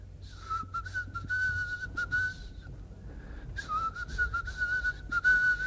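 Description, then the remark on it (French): A man whistles a melodic tune in two steady phrases separated by a short pause, the clear mid-pitched notes gliding gently over a low background rumble. “mais je siffle depuis des années un air que j'adore.”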